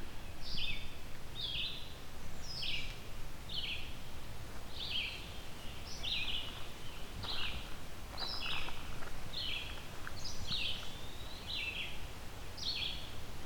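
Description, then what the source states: Red-eyed Vireo song, short whistled phrases with falling and rising turns, repeated roughly every second in a steady series over faint background hiss. Wild bird singing in the field, its song loud enough to overpower other birds nearby.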